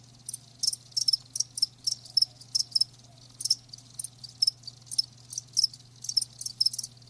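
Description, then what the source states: Cricket giving sharp high chirps in brief bursts, over a quiet steady low hum. Live crickets chirping with a lulling song.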